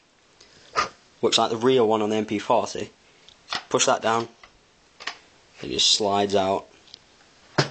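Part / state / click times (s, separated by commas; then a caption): retractable stock arm in the rifle receiver / not seated / none. Someone talks while pushing down and sliding out the metal retractable stock arm in the receiver of a Double Eagle airsoft MP-40 replica, with a few brief handling knocks between the words. The stock is being drawn toward its extended, locking position, but nothing has seated or clicked yet.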